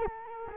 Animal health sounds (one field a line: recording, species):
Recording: mosquito wingbeat signal from an infrared sensor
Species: Culex quinquefasciatus